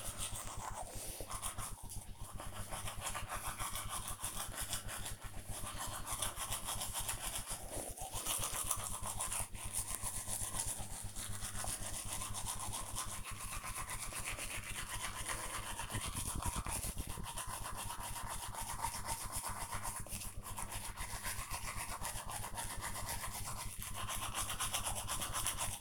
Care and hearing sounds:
household activities, microphone on the right wrist
0.00-25.81 s: brushing teeth

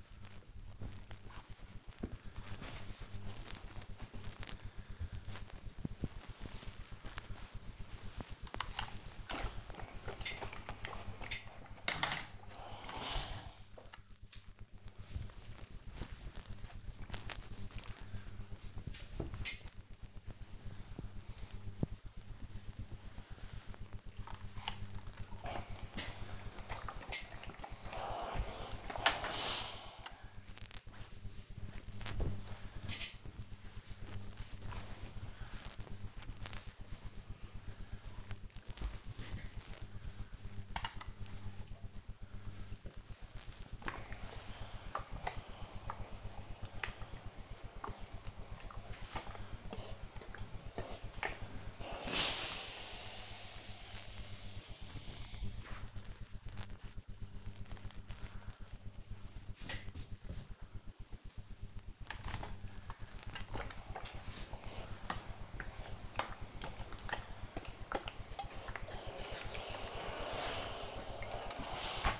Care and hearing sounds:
household activities, microphone on the right wrist
3.35-72.19 s: ironing laundry

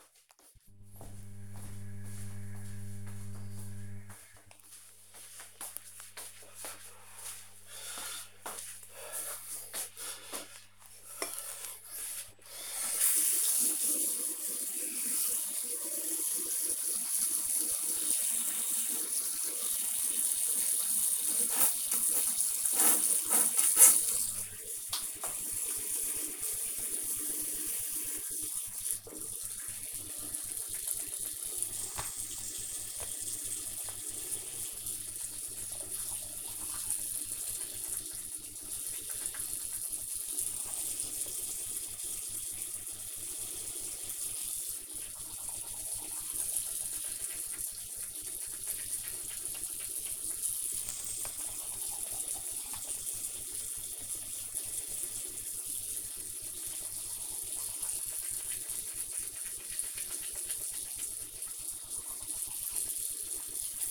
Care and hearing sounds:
household activities, microphone on the right wrist
12.19-63.91 s: brushing teeth

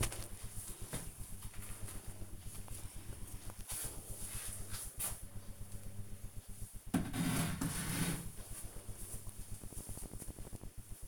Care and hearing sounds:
household activities, microphone on the right wrist
none

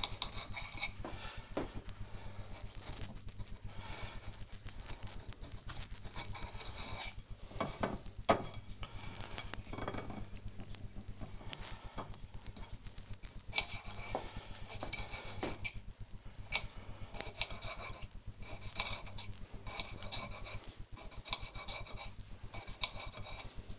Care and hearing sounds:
household activities, microphone on the right wrist
0.00-23.78 s: cutting vegetables

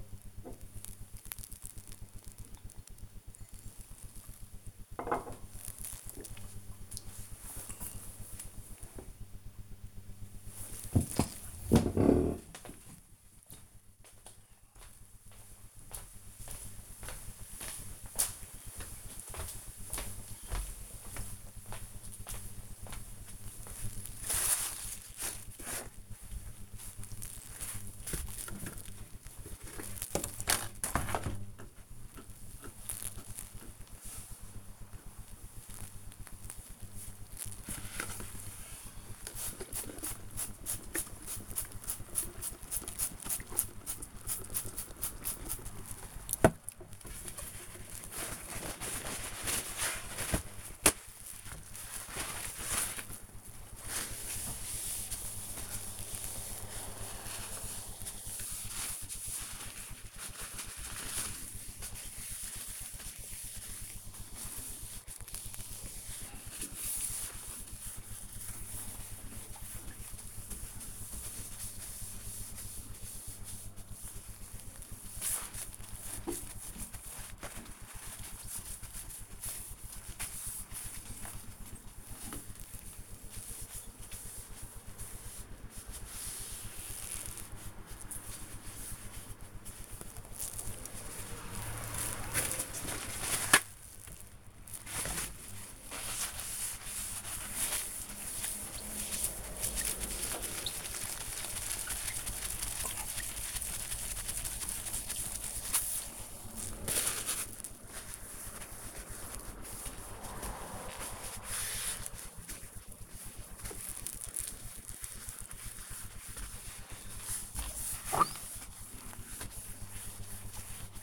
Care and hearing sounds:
household activities, microphone on the right wrist
0.00-4.69 s: drinking
29.87-121.03 s: window cleaning

